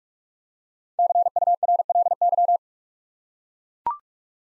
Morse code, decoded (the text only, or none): CURLY